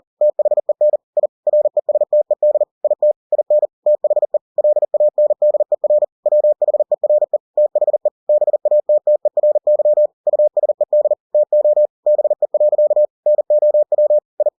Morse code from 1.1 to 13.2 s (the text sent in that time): I RESTED IT IN THE LANDER WHERE THE BATTERY USED TO BE.